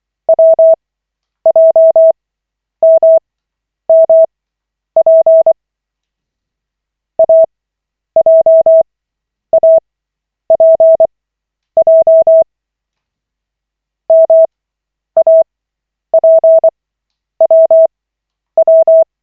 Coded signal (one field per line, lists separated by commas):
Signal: Morse code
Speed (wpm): 24 wpm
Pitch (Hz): 650 Hz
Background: none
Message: WJMMP AJAPJ MAPWW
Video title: Koch 14/40, 27.01.2025, CW practice session